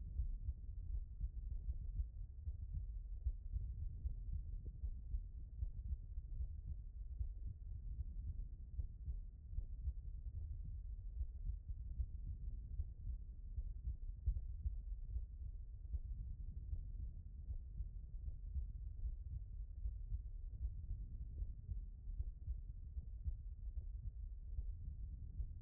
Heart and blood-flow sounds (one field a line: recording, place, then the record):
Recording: heart sounds by stethoscope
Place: aortic valve (AV)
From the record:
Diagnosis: HFrEF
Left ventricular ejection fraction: 23%